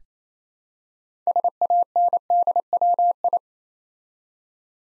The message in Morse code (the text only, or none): SANDWI